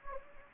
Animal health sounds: mosquito wingbeat signal from an infrared sensor; Anopheles gambiae

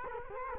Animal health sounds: mosquito wingbeat signal from an infrared sensor; Culex quinquefasciatus

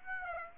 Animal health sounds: mosquito wingbeat signal from an infrared sensor; Aedes aegypti

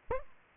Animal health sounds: mosquito wingbeat signal from an infrared sensor; Aedes aegypti

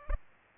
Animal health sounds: mosquito wingbeat signal from an infrared sensor; Culex pipiens

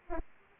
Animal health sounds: mosquito wingbeat signal from an infrared sensor; Aedes aegypti

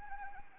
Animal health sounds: mosquito wingbeat signal from an infrared sensor; Anopheles arabiensis

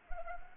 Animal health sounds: mosquito wingbeat signal from an infrared sensor; Anopheles arabiensis

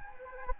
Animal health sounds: mosquito wingbeat signal from an infrared sensor; Anopheles gambiae

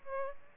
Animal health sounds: mosquito wingbeat signal from an infrared sensor; Aedes albopictus

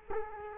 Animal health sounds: mosquito wingbeat signal from an infrared sensor; Culex quinquefasciatus

